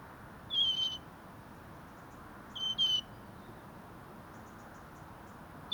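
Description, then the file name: European robin giving thin, level high whistles with faint upper notes, two short bursts a couple of seconds apart, then another at the end, background hiss. "Erithacus rubecula"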